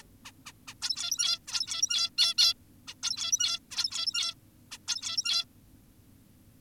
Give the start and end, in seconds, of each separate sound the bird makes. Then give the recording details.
0.25-0.32, 0.46-0.52, 0.68-0.74, 0.82-1.39, 1.48-2.10, 2.18-2.34, 2.38-2.54, 2.88-2.94, 3.03-3.59, 3.71-4.34, 4.72-4.78, 4.88-5.45. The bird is an adult. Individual g17y2U